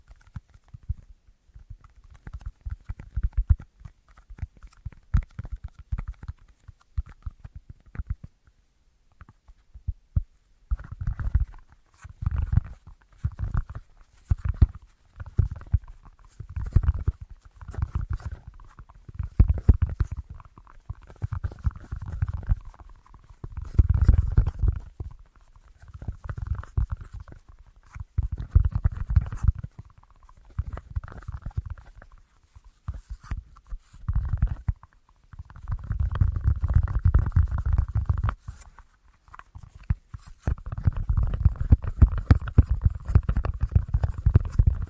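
An assortment of tapping sounds, soft and sparse for the first ten seconds, then louder quick bursts of fingertip taps with a dull, thumpy low end. Short flurries alternate with brief pauses, and longer continuous drumming runs appear near 36 seconds and again toward the end.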